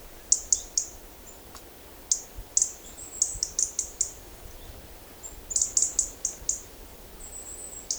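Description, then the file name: European robin producing short, high-pitched thin notes, mostly in quick runs of several, with a drawn-out high whistle near the end. "Erithacus rubecula"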